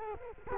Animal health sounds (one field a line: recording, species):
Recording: mosquito wingbeat signal from an infrared sensor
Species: Culex quinquefasciatus